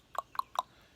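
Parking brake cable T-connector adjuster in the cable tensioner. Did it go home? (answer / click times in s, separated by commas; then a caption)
yes / 0.2 s, 0.4 s, 0.6 s. On a Chevy Cruze, the parking brake lever is pulled up while the T-connector adjuster in the cable tensioner is held forward, then the lever is released. The metal adjuster ratchets with three sharp clicks at 0.2, 0.4 and 0.6 seconds, and the adjuster seats. No one talks.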